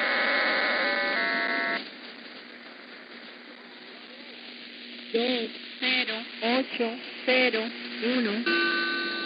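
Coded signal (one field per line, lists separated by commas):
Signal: numbers station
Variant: HM01, Spanish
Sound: steady multi-tone chord, hiss, short voice-like bursts, then another steady multi-tone chord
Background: radio static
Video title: 09 05 2021 Number station Cuban Spy HM01 in Spanish to Eu,Am 0945 on 9240 Bejucal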